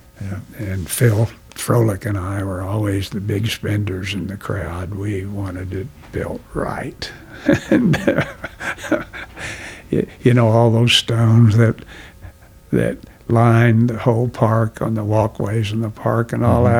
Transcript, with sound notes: Yeah, and Phil Frohlich and I were always the big spenders in the crowd. We wanted it built right. (Laughing) You know all those stones that line the whole park on the walkways in the park and all that?